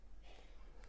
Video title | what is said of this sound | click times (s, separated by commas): JewelleryMaker Live | so I I do a slight overlap and then I click You Hear The Click yeah | 0.8 s